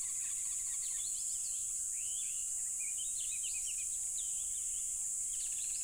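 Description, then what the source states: Cricket chorus forming a constant shrill drone, overlaid by busy bird chirps and twittering throughout. Loud crickets at a tropical river.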